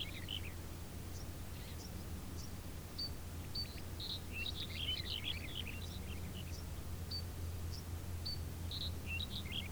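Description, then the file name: Birds chirping and twittering in a mixed chorus, with brief high notes scattered throughout, over a steady low rumbling hum. Field ambience with birds. "Background of a Field with Birds"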